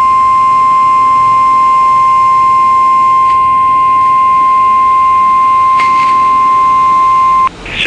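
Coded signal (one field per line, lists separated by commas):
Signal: Emergency Alert System (SAME) tones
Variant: 1050 Hz attention tone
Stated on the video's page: Weather radio EAS tones for required weekly and monthly tests.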